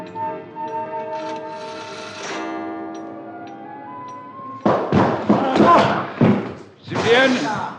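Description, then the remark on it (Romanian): A door is battered and broken down: a run of heavy, harsh crashing bangs and splintering thuds bursts in after several seconds of a sustained, steady tonal drone. “Cum îndrăzniți să-mi spargeți ușa?”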